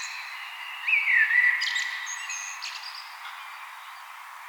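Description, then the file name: Common blackbird song: one brief, slurred whistled phrase followed by faint high scratchy notes, with steady background hiss. "Turdus merula"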